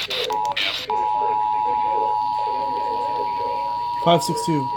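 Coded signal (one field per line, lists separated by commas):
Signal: Emergency Alert System (SAME) tones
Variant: 853 and 960 Hz attention tone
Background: speech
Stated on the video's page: Weather alerts, in a compilation.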